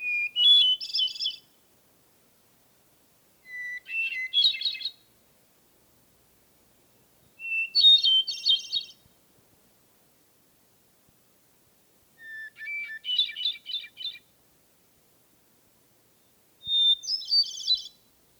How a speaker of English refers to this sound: And a single hermit thrush is content to spend the summer and charm us with his evening song.